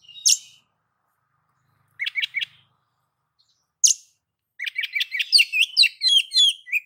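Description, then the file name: Oriental magpie-robin song: sharp high notes and short rapid chirps, ending in a fast run of varied whistled and buzzy phrases, with pauses between bursts. "Suara-Kacer-Versi-7"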